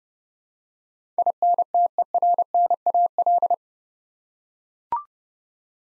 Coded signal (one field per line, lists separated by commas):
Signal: Morse code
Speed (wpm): 30 wpm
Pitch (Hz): 700 Hz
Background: none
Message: INTERNAL